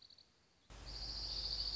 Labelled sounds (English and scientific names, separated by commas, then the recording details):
Dark-eyed Junco (Junco hyemalis)
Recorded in Sonoma County, California